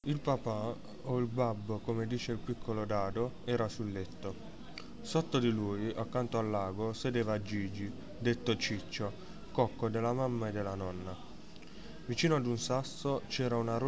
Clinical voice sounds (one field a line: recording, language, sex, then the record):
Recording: read passage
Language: Italian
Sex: male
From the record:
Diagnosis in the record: healthy control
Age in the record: 19 years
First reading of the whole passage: 55 s, 9.5 characters per second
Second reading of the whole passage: 47 s, 11.1 characters per second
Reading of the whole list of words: 45 s, 6.2 characters per second